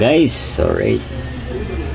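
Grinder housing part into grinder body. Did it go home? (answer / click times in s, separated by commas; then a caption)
no / none. A housing part of an angle grinder is handled and pressed toward the grinder body during reassembly, while someone talks and a brief high hiss is heard around 0.3 to 0.5 seconds. The part has not seated yet and nothing has clicked into place by the end of the clip.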